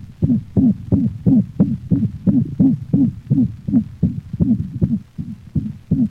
Hoop varies in frequency and may alternate with the more common mixed holosystolic murmur of mitral insufficiency. Another variation of the systolic hoop.